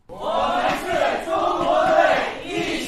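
Guests and participants shout and chant together in loud, sustained unison at the opening of the We Are Team China cheering experience hall in Beijing, six days before the Tokyo Olympics, voices rising in rhythmic waves of cheering support that continue steadily for a few seconds.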